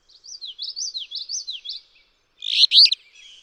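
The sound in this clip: Alder flycatcher giving one harsh, burry song phrase after another bird's run of quick slurred whistled notes.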